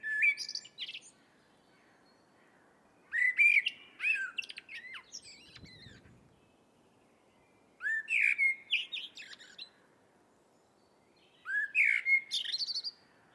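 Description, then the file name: Eurasian blackbird song: four fluty, warbled phrases with high squeaky twittering endings, spaced roughly four seconds apart over quiet background hiss. "Turdus merula"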